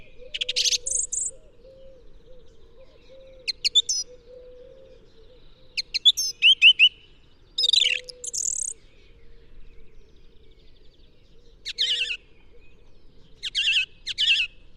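Song thrush singing loud, clear whistled and chattering phrases in bursts with brief silences between, several phrases doubled; a soft low warbling tone lingers in the background.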